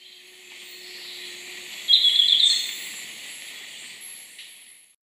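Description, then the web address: Golden-faced Tyrannulet uttering a quick burst of bright, high twittering notes lasting under a second, set against a background hiss. Subspecies albigularis, recorded in Ecuador. "Birds of Ecuador Golden-faced Tyrannulet (ssp albigularis)"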